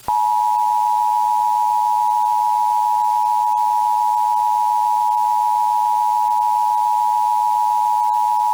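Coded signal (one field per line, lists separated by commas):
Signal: Emergency Alert System (SAME) tones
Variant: 853 and 960 Hz attention tone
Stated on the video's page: Fictional EAS scenario recombined from two parts of an older scenario.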